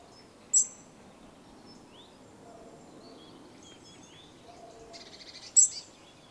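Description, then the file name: European robin uttering two sharp, high tick notes about five seconds apart, with faint thin twittering in between over a low background rumble. "Erithacus rubecula"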